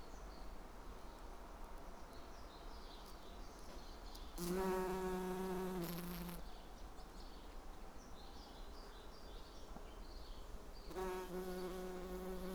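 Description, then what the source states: Bumblebee buzz heard in two passes, a loud humming drone of about two seconds and a shorter one later. Recorded on Schanzenstrasse, Dresden, Germany.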